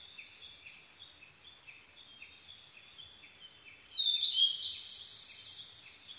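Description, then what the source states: Blue-and-white flycatcher song: a loud, bright whistled phrase bursting in after four seconds, over a steady series of soft repeated chirps from another bird. 22 May 2011 at 04:34.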